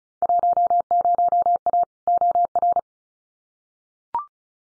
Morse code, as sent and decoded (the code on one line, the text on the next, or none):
.---- ----- .- / --- .-.
10A OR